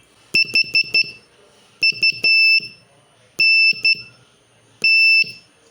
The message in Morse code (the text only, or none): HUNT